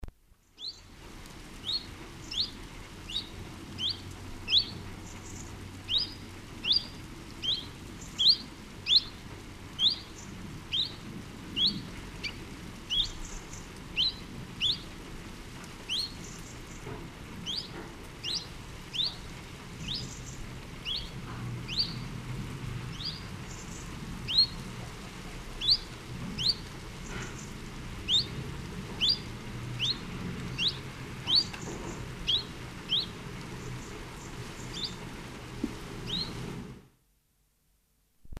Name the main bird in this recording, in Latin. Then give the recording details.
Phylloscopus collybita. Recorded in the wild. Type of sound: call. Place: Kaiserslautern, Rheinland-Pfalz, DE. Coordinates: 49.4247, 7.77889. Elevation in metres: 279. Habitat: garden. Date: 1981-08-02. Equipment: Nagra IV. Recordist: Tretzel, Erwin. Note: Terrasse, Kaiserslautern: Rufe "tuid"